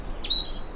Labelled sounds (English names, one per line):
Stitchbird song